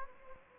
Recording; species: mosquito wingbeat signal from an infrared sensor; Anopheles gambiae